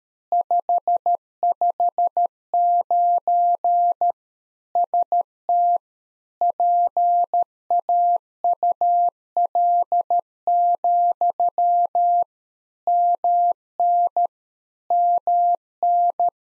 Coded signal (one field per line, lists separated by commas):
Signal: Morse code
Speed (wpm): 13 wpm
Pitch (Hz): 700 Hz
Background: none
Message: 559 ST PAUL, MN MN